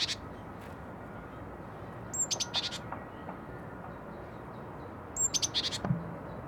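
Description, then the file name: Small birds uttering two clusters of high, thin whistles and scratchy chirps, a few seconds apart, over steady low rumbling noise. Small birds recorded in a nest. "freesound small birds in nest"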